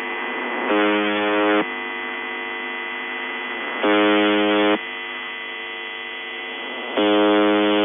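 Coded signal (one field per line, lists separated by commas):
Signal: channel marker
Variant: UVB-76 (The Buzzer)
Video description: Clean sample of The Buzzer UVB-76 or S28 Russian channel marker 4625 kHz, believed to be part of the Western Military District HF network.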